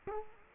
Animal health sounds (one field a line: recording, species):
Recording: mosquito wingbeat signal from an infrared sensor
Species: Culex quinquefasciatus